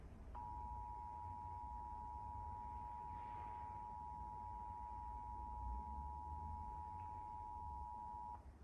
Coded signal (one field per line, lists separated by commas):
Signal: Emergency Alert System (SAME) tones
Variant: 853 and 960 Hz attention tone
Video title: EAS #110-113: September 2023 Pennsylvania Required Monthly Test On Comcast, WNEP, iON, And PBS Kids